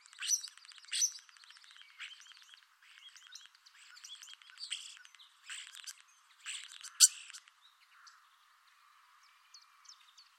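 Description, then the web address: Common starling singing rapid clicks, rattles and squeaks with sharp louder snaps for about seven seconds, then falling mostly quiet with a few soft notes. "Deverinetal 2025. Bird Only"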